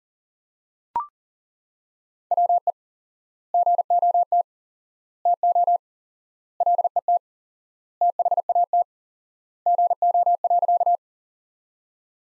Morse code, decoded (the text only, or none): WE GOT TO LET THAT GO.